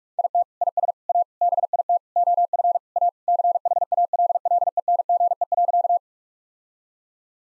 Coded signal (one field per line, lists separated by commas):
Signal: Morse code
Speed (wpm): 41 wpm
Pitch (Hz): 700 Hz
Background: none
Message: IT IS A BIT OF A CHALLENGE.